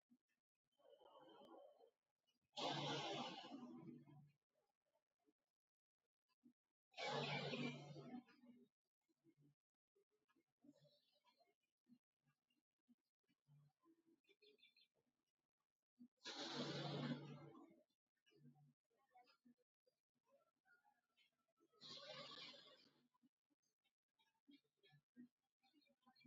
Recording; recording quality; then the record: deep breathing; excellent, no background noise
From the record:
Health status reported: COVID-19 positive, mild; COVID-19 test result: positive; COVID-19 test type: rapid antigen test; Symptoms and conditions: cough, cold, sore throat, diabetes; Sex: female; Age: 60 years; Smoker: no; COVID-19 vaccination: both doses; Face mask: not worn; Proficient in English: yes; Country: India